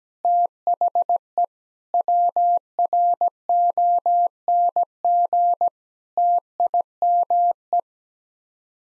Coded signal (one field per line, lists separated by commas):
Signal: Morse code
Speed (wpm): 17 wpm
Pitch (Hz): 700 Hz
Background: none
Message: THE WRONG TIME